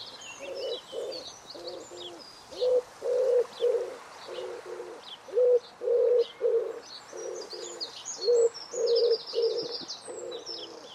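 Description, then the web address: Bird giving low, hollow cooing notes in an uneven series, with thin high chirps and twitters from other birds above. "cianscape. Deverinetal. Bird Only"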